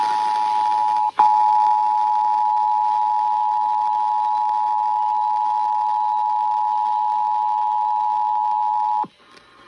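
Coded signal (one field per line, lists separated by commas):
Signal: Emergency Alert System (SAME) tones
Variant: 853 and 960 Hz attention tone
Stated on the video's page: Texas Required Monthly Test EAS alerts.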